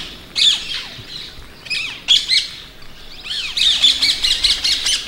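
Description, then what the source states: Rose-ringed Parakeet shrieks: harsh, high, keening screeches repeated in quick bursts, running together into a dense, noisy run toward the end. Wild birds living in a colony in London; the call is described as a keening cry or shriek, unmistakable once heard.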